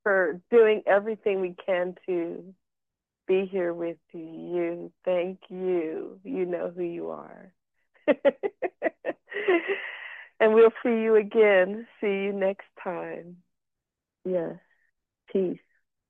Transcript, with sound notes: for doing everything we can to be here with you. Thank you. You know who you are (laughs) And we'll see you again. See you next time.
Yes. Peace.